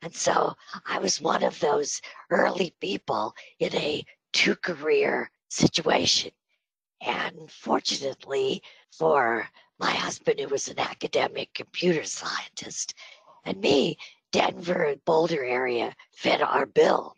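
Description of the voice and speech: Adult female speaker with spasmodic dysphonia, treated with Botox, heard speaking with a breathy voice.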